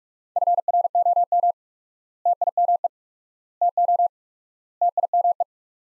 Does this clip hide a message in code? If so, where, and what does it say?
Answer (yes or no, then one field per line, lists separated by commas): yes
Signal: Morse code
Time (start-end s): 0.4-5.4 s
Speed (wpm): 46 wpm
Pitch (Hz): 700 Hz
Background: none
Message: FROM TIME TO TIME